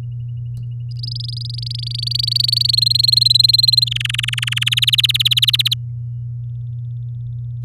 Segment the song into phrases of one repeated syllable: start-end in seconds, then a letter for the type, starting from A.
0.91-2.75 A, 2.77-3.84 B, 3.87-4.64 C, 4.66-5.74 D